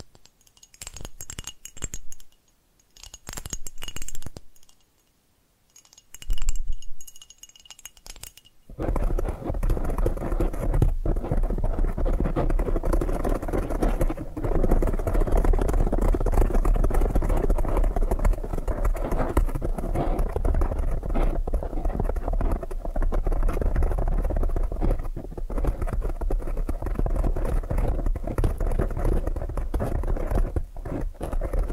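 Tapping triggers start in short, separate bursts with silent gaps and a faint thin ringing over the first nine seconds. After that the tapping becomes a dense, continuous patter, full and low-toned, holding steady at an even level to the end.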